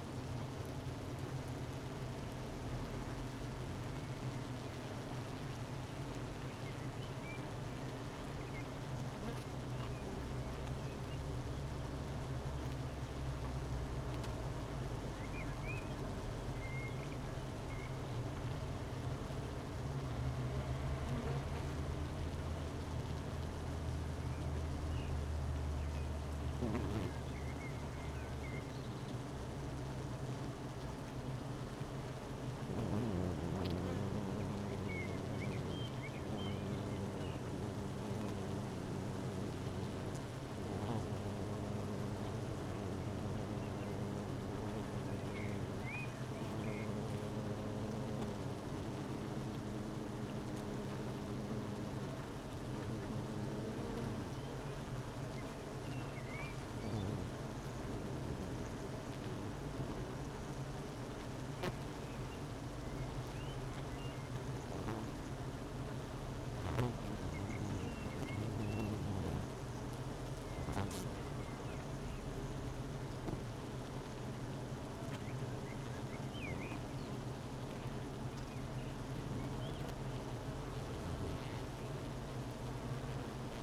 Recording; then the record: honeybee colony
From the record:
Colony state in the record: missing queen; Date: 31 May 2018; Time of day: 12:08